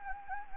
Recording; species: mosquito wingbeat signal from an infrared sensor; Anopheles gambiae